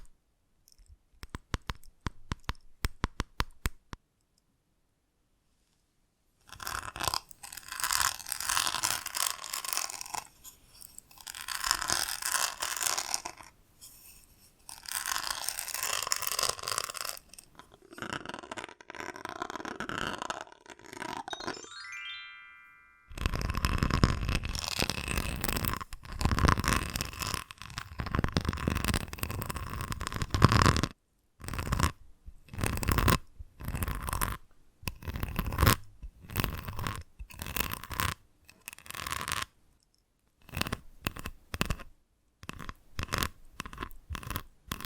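Invisible tapping, scratching and tracing: rapid clicks open the clip, then after a short silence come long stretches of dense, hissing scratching broken by brief pauses. Near the middle a rising tone sweeps upward, and the last part turns into sharp, separated taps.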